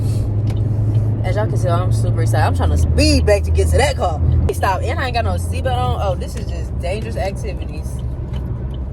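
Inside a moving car, the driver handles the metal seat belt tongue toward its buckle because the belt isn't on, while someone talks over a steady low engine hum. Nothing has seated or clicked yet by the end of the clip.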